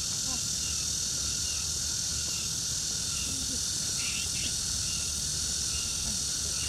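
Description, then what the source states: Cricket: dense trilling fills the high range without pause. Crickets in the Old Summer Palace, in summer.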